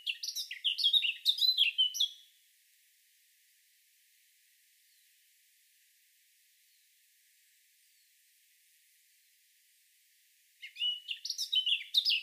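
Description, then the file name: Eurasian blackcap song: a rich, fast warble of varied chirps and fluty notes at the start, a long silence, then another warbled phrase beginning near the end. "Sylvia atricapilla"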